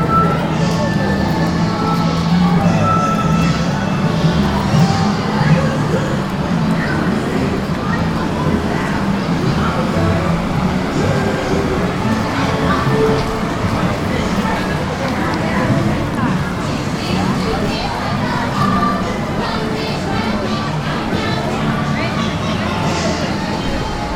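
Theme park sounds fill the recording with a continuous, dense crowd murmur of many overlapping voices. The level stays steady throughout, with occasional brighter voices rising out of the mix and a low rumble, perhaps from vehicles or rides, underneath.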